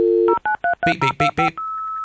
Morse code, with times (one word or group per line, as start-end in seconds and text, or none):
none